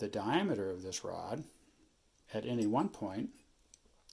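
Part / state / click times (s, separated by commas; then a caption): micrometer ratchet thimble closing on a rod / torque reached / 3.6 s, 3.7 s, 4.1 s. Someone talks while a metal rod is placed in a micrometer and the ratchet thimble screw is turned to close on it. The thimble's friction clutch gives three short, faint clicks at 3.6, 3.7 and 4.1 seconds, applying a consistent measuring force to the rod.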